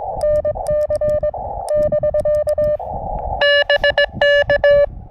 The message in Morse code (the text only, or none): NC <BK> BK